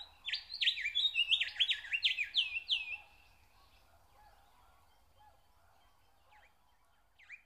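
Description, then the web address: Nightingale phrase of fast, repeated notes lasting about three seconds, then near quiet with a couple of soft calls. Song recorded in spring. "spiew slowika wiosna"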